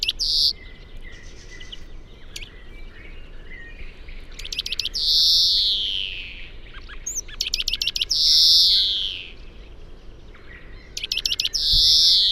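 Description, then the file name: European greenfinch singing: rattling trill bursts alternating with drawn-out buzzy wheezes that fall in pitch, spaced a few seconds apart. "Chloris chloris"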